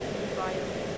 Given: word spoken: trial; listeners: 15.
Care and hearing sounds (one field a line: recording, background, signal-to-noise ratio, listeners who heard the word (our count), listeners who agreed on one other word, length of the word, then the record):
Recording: one English word in noise, from a listening test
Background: speech-shaped noise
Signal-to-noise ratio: -4.7 dB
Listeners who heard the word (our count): 0 of 15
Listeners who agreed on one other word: 9 of 15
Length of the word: 0.58 s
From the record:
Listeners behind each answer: 9, 1, 1, 1, 1, 1, 1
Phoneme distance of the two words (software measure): 24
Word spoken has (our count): 2 syllables, 5 phonemes, stress on syllable 1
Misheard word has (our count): 1 syllable, 3 phonemes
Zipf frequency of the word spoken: 4.60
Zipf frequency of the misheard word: 3.51